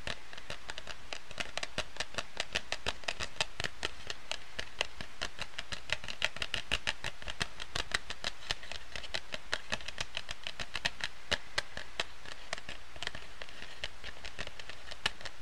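Dense, rapid tapping and scratching like card shuffling, a continuous stream of sharp bright clicks at steady loudness throughout with no pauses.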